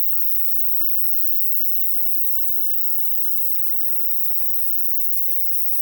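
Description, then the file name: Insects drone on in high even trills, with a slightly pulsing texture in the second half and a few faint low ticks. "Japan Kashiwa Town Night Bug MS"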